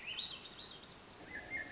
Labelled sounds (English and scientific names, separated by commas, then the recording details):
Swainson's Thrush (Catharus ustulatus)
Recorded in Sonoma County, California